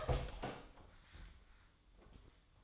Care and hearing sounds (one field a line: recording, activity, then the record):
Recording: daily activity, microphone in the room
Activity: open door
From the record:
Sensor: 3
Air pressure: 1004.8 hPa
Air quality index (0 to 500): 76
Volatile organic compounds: 2 ppm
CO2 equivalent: 1152 ppm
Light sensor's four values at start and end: 8/19/8/7 and 8/19/8/7